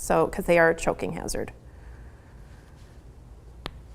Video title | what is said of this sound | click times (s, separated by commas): Teaching Kids to Crochet: Make a Cat-Cube! | All right, so those are clipped into place and then you can go ahead | 3.7 s